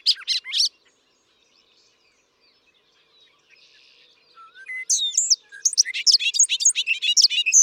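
Bobolink song: a short burst of bubbly notes, a near-silent pause with faint twitters, then a rising note leading into another rapid, tinkling, jumbled phrase.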